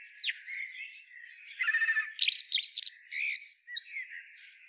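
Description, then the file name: Common blackbird singing: mellow warbling that turns into rapid, high, scratchy twittering notes. "Turdus merula"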